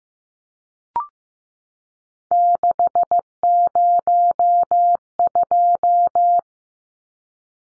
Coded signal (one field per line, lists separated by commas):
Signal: Morse code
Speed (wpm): 15 wpm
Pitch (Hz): 700 Hz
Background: none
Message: 602